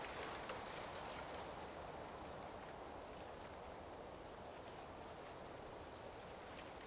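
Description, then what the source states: Cicada song: short shrill pulses in an even series, set against a dense background hiss. Cicadas in a forest during the daytime.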